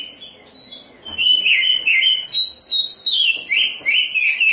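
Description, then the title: Oriental magpie-robin, continuous song of rapid whistled and warbling notes swooping up and down, growing loud after a quiet first second. "Suara Kicauan Burung Kacer"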